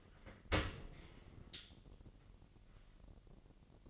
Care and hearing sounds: daily activity, microphone in the room; open dishwasher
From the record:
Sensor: 4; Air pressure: 1001.4 hPa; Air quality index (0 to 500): 248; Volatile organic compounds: 44 ppm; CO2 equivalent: 3217 ppm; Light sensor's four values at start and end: 8/18/7/6 and 8/17/7/6

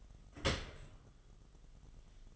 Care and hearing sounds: daily activity, microphone in the room; open dishwasher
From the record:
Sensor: 4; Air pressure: 1005.6 hPa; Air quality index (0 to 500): 112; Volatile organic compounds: 3 ppm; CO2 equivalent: 1403 ppm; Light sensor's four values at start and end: 11/25/10/10 and 11/25/10/10

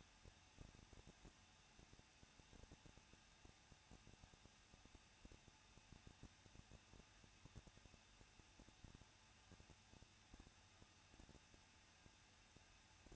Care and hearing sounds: daily activity, microphone in the room; no activity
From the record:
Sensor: 2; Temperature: 21.0 degrees Celsius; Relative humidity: 37.5%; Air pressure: 1006.3 hPa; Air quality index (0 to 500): 223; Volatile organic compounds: 25 ppm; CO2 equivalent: 2827 ppm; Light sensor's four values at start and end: 2/3/2/2 and 2/3/2/2

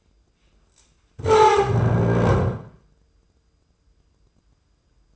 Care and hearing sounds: daily activity, microphone in the room; stand up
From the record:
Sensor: 2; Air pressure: 995.8 hPa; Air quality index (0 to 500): 242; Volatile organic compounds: 1000 ppm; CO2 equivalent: 5958 ppm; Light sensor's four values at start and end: 28/68/30/33 and 25/60/27/30

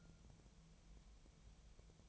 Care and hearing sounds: daily activity, microphone in the room; take from stove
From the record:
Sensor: 1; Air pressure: 999.4 hPa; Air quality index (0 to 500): 199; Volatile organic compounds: 40 ppm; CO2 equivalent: 3156 ppm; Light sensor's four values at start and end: 9/22/8/9 and 9/22/8/9

